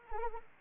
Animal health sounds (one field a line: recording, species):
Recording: mosquito wingbeat signal from an infrared sensor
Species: Anopheles arabiensis